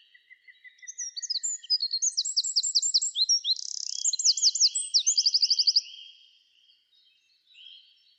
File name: Troglodytes troglodytes